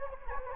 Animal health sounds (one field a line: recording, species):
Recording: mosquito wingbeat signal from an infrared sensor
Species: Anopheles gambiae